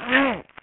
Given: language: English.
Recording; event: throat vibration sensor signal played as sound; throat clearing